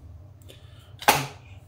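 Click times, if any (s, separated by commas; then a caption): 1.1 s. The rotary scissors attachment shaft of a Makita EM407MP is slid down into the multi-function power head coupling. A few faint ticks come first, then a sharp, bright click at 1.1 s that rings out briefly over a low, steady hum. The attachment is seated in place.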